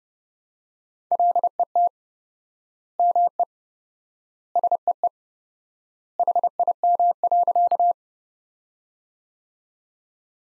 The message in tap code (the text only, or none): none